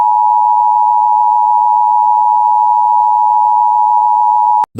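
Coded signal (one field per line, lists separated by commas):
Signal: Emergency Alert System (SAME) tones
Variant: 853 and 960 Hz attention tone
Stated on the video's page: Simulated Emergency Action Notification imagining a nuclear attack.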